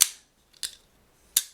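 The frame lock of a steel Hinderer Knives XM-18 Harpoon Spanto 3.5 pocketknife is disengaged and the blade is closed into the handle. Sharp, bright metallic clicks land at 0.0 s and 1.4 s, with softer ticks around 0.6 s. The blade clicks into its detent with a sturdy, solid sound.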